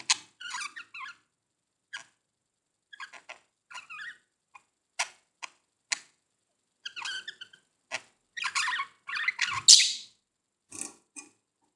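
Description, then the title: Budgerigar chatter, scattered short chirps and clicks building to harsher squawky bursts near the end. "Budgie Sounds"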